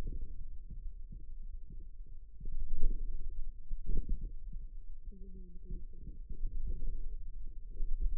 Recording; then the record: forearm muscle sounds (acoustic myography)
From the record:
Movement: radial deviation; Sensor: system 2, bracelet of six BSWA MPA416 microphones around the upper forearm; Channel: 4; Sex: female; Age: 21 years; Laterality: right